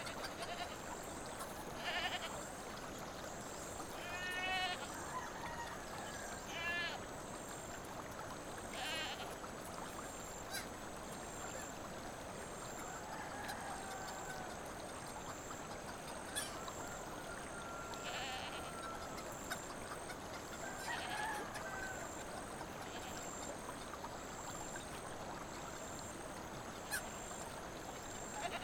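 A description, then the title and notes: Countryside ambience with a steady wash of running water filling the background throughout. Distant bleating animal calls rise briefly around five, seven, nine and eighteen seconds, alongside occasional faint clicks and a thin high whine across the top. Ambience of Isylian: Rippling Brook. Relax in the countryside of Kirkland with a babbling brook and some farm animals in the distance.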